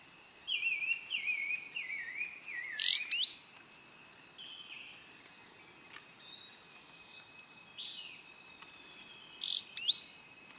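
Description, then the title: Yellow-green grosbeak calls: a series of descending whistled slurs followed by a sharp high burst, with another burst later, and a constant buzzing insect chorus behind. Subspecies brasiliensis. "LuckyPassaro Completos2Sama. Yellow-green Grosbeak (Caryothraustes canadensis brasiliensis)"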